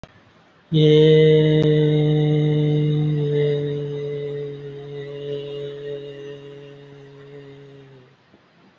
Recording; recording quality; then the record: sustained vowel as in made; excellent, no background noise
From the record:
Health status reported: recovered from COVID-19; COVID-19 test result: negative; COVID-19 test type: RT-PCR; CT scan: not taken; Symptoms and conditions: cough, cold, breathing difficulty, asthma, chronic lung disease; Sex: male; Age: 37 years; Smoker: yes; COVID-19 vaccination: both doses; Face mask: not worn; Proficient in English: no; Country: India